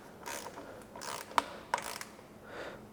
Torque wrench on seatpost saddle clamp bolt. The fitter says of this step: there we go nice audible click there next one we're going to do